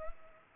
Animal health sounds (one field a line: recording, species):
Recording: mosquito wingbeat signal from an infrared sensor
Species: Culex pipiens